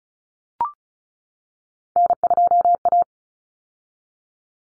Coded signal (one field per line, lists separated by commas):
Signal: Morse code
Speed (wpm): 34 wpm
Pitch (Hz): 700 Hz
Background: none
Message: N2A